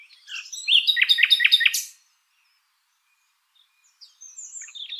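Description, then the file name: Common nightingale song: a fast series of rich, repeated chopping notes lasting over a second, silence, then faint high twittering phrases resume. "Luscinia megarhynchos"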